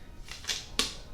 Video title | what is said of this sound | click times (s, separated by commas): My Saberforge, Ultrasabers, Parksabers, Lightsaber Collection | until it clicks and then oops sorry then you screw in the retention screw | 0.8 s